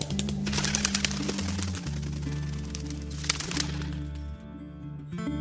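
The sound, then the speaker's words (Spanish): A rapid flurry of wing flaps as pigeons burst into flight at dusk from a weed-overgrown mansion as travellers approach, crisp fluttering bursts over a steady low, droning musical tone, with a second flurry partway through. “Y las palomas levantan el vuelo al acercarse.”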